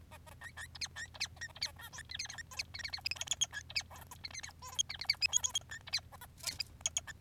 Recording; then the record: song of a male Bengalese finch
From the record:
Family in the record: son of father 3